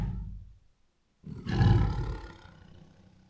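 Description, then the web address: Tiger giving a low, throaty growl that fades, pauses briefly, then swells into a louder rasping snarl before trailing off. Female tiger making many protective growls. "Sound Ideas Tigers Sound Effects. Female Tiger Makes Many Protective Growls"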